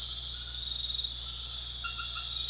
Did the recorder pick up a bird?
no